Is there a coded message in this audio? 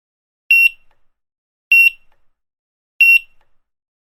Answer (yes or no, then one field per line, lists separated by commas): no